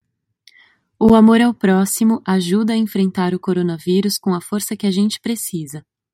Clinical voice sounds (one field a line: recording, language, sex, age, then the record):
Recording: spoken sentence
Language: Brazilian Portuguese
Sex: female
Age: 30 to 39 years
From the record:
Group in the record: control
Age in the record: 32 years